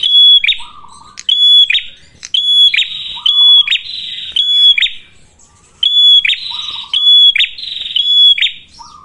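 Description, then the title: Prinia calls, loud buzzy rasps with a piercing thin whistle, in repeated bursts about once a second, with a lower scratchy note between some bursts. Lure (pancingan) for attracting and training birds (pikat, masteran); red-headed prenjak described as gacor, a vigorous caller. "Masteran Duet Cililin Vs Kapas Tembak. Pancingan Prenjak Kepala Merah Gacor [ Sangat Cocok banget Untuk Pikat dan Masteran ]"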